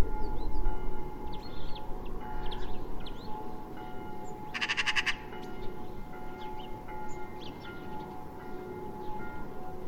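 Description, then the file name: Eurasian magpie giving a single brief harsh rattle midway, while thin chirps and whistles of other birds sound faintly over a continuous low rumble and hum. "Pica pica"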